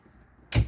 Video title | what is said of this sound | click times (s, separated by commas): Virtual Walkthrough of 2022 Forest River Salem Hemisphere 378FL Fifth Wheel at Parkland RV Center | lift the window up it'll lock into place | 0.5 s